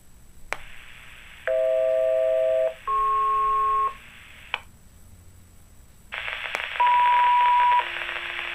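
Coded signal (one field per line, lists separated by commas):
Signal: two-tone page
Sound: two chord-like tone bursts, pause, then a steady tone dropping to a lower tone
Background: radio static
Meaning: Test activation of fire/EMS pagers and sirens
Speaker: the Huntingdon County, Pennsylvania 911 Emergency Services Alerting System. This is only a test.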